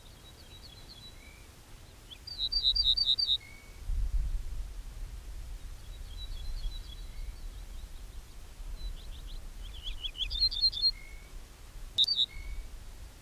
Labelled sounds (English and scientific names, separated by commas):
Ortolan Bunting (Emberiza hortulana)